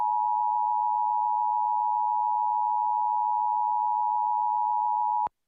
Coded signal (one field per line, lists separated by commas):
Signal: Emergency Alert System (SAME) tones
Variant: 853 and 960 Hz attention tone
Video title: Iowa State Emergency Alert System Tests - January 2nd, 2019